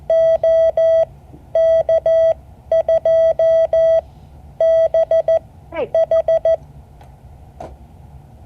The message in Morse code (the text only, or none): OK2BH